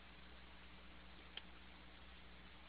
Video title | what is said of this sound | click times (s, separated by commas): BB 233 SD Burai Maru | ice snap into place these eyes are like red and angry looking | 1.4 s